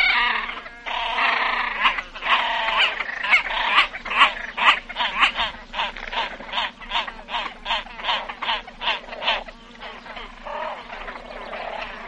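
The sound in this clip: Great crested grebe calling, a long run of rapid, harsh, clipped notes, preceded by a few longer rasping calls.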